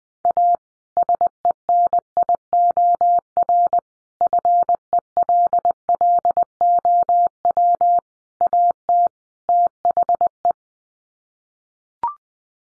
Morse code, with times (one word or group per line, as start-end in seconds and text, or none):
0.2-0.6 A
1.0-3.8 SENIOR
4.2-8.0 FELLOW
8.4-9.1 AT
9.5-10.5 THE